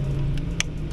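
The locking tab at the end of the throttle position sensor wiring connector on an ADV 160 scooter's throttle body is pressed to unplug it, and it is then pulled outward. Over a steady low hum, a faint tick comes at about 0.4 s, followed by a sharp, bright click at 0.6 s. The connector unlatches and is released.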